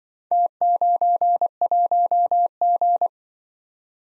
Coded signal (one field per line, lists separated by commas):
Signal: Morse code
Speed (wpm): 25 wpm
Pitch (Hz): 700 Hz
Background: none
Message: T91G